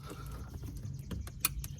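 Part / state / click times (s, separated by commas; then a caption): remote start harness connector into vehicle wiring harness / seated / 1.4 s. A plastic remote start harness connector is pushed into its mating plug in the vehicle wiring harness up under the dash, with a few soft plastic ticks and rustles. It snaps into place with a sharp click at 1.4 s, and the connector is seated.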